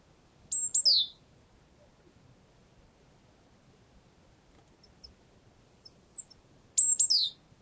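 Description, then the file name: Great tit calls: short, very high notes sliding sharply downward, with a second burst near the end and a few faint ticks between. "Parus major"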